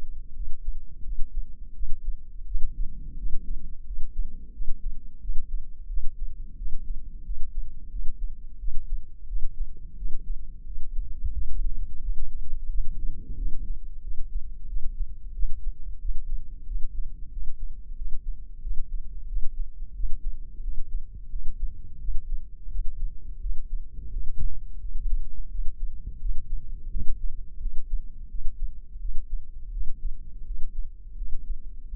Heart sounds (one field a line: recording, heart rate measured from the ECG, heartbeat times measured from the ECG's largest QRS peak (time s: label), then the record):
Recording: heart sounds by microphone in the left ear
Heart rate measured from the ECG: 88 bpm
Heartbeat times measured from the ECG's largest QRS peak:
0.34 s: heartbeat
1.03 s: heartbeat
1.74 s: heartbeat
2.45 s: heartbeat
3.17 s: heartbeat
3.85 s: heartbeat
4.52 s: heartbeat
5.20 s: heartbeat
5.88 s: heartbeat
6.57 s: heartbeat
7.24 s: heartbeat
7.90 s: heartbeat
8.58 s: heartbeat
9.27 s: heartbeat
9.96 s: heartbeat
10.65 s: heartbeat
11.32 s: heartbeat
12.00 s: heartbeat
12.68 s: heartbeat
13.36 s: heartbeat
14.02 s: heartbeat
14.67 s: heartbeat
15.33 s: heartbeat
15.99 s: heartbeat
16.65 s: heartbeat
17.31 s: heartbeat
17.96 s: heartbeat
18.61 s: heartbeat
19.27 s: heartbeat
19.94 s: heartbeat
20.62 s: heartbeat
21.30 s: heartbeat
21.99 s: heartbeat
22.69 s: heartbeat
23.40 s: heartbeat
24.11 s: heartbeat
24.79 s: heartbeat
25.49 s: heartbeat
26.19 s: heartbeat
26.90 s: heartbeat
27.60 s: heartbeat
28.28 s: heartbeat
28.99 s: heartbeat
29.71 s: heartbeat
30.45 s: heartbeat
31.16 s: heartbeat
31.88 s: heartbeat
From the record:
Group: healthy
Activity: rest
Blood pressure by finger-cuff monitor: 171/87 mmHg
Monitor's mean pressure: 107 mmHg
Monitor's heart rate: 87 bpm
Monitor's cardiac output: 9 L/min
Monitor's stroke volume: 101 mL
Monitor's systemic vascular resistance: 890 dyn s/cm5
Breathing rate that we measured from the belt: 18 breaths a minute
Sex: male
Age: 57 years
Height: 188 cm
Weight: 106 kg